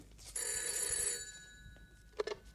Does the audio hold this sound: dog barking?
no